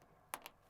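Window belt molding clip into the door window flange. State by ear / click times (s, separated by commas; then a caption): seated / 0.3 s, 0.5 s. A replacement window belt molding (weather strip) on a 2011 fifth-generation 4Runner is pressed onto the door's window flange until its retaining clip engages. A sharp, short click at 0.3 s is followed by a smaller one at 0.5 s, and the clip is seated.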